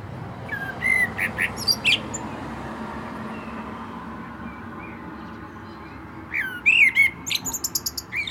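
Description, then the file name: Common blackbird singing two phrases of mellow whistled notes then thin high twittering, the second several seconds after the first, with a constant low background hum. "Turdus merula"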